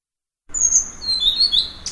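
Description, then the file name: Blue-throated flycatcher song: high whistled notes, some dropping in pitch. "kicau sikatan blue throated. omkicau"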